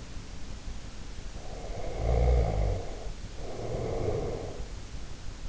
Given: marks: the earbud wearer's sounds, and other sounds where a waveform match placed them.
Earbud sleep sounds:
sounds in sleep by an in-ear microphone; snoring breath
1.28-4.71 s: snoring breath

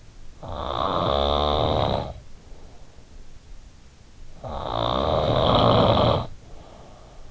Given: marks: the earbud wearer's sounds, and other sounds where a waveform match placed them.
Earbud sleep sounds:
sounds in sleep by an in-ear microphone; snoring breath
0.36-2.98 s: snoring breath
4.40-7.31 s: snoring breath

